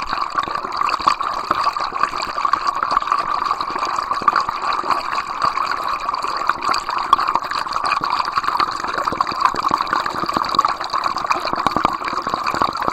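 A small river runs steadily, its bubbling and trickling holding an even level for the whole stretch without pause. The flow is dense and busy, centered in a bright mid-range gurgle, with quick splashes and droplet-like pops scattered throughout.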